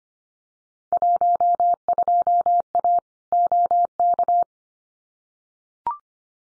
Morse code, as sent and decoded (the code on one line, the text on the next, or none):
.---- ..--- .- / --- -.-
12A OK